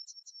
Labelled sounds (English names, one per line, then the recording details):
Yellowhammer song
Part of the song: start
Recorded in the Czech Republic on 5 July 2013
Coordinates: 50.390, 13.434
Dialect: BD
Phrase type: E26
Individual 314858